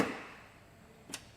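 A flat-bladed screwdriver pushes a small silver metal retaining clip out of the centre rear stop lamp (high-level brake lamp) mounting on a 2018 Ford Transit Custom van. A broadband sound at the start fades away, followed by near quiet and then a short, sharp click at 1.1 s. The clip is released and pops out.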